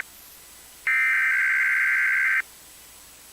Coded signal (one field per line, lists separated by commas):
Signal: Emergency Alert System (SAME) tones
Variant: header bursts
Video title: EAS 1559-1561: KDKA EAS Test + The Usual Relays and Deviousness